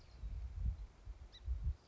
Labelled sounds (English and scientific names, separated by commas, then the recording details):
Song Sparrow (Melospiza melodia)
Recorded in Sonoma County, California